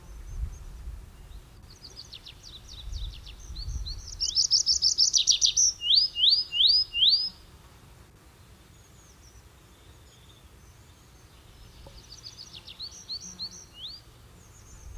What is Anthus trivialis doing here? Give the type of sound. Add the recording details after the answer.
song. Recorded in the wild. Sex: male. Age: adult. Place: Schloß Holte-Stukenbrock, Senne, Nordrhein-Westfalen, DE. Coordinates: 51.87, 8.66556. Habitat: farm. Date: 1973. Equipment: Uher 4200 Report Stereo, Bändchenmikro Beyer M 260, Parabolspiegel Polyester (600 mm). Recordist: Conrads, Klaus